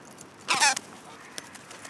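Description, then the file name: Carrion crow giving a single loud, rough caw, followed by faint clicks and quiet background noise. "Corvus corone"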